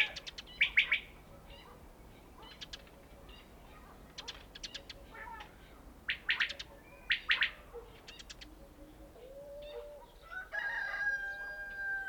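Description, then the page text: Common quail calling, scattered bursts of clipped notes of varying loudness, with a louder drawn-out call from another bird toward the end. Recorded in a mountain village (kishlak). "Mountain Kishlak. Coturnix coturnix - Горный кишлак. Перепел"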